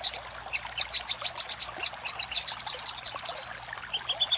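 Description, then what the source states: Little spiderhunter song of high, clipped notes delivered in a quick, steady string, then a brief pause and a few further sharp notes. Used for training cage birds.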